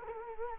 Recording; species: mosquito wingbeat signal from an infrared sensor; Culex quinquefasciatus